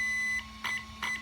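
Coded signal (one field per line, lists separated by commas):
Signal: beep code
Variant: Hobbywing ESC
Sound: one long high beep, then two short beeps with clicky buzzing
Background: low hum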